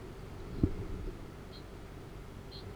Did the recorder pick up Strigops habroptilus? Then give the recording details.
yes. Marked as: faintness 4/5. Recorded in New Zealand. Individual Arab